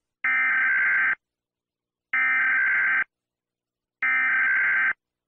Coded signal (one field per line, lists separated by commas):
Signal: Emergency Alert System (SAME) tones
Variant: header bursts